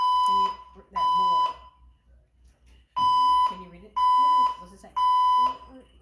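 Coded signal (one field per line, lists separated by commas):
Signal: alarm pattern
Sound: loud 1 kHz beeps: three half-second beeps, a pause, then three more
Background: people talking indoors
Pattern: temporal three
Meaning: Temporal-three fire alarm evacuation signal: leave the building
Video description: the fire alarms in the whole building started going off with this 1000hz code 3 tone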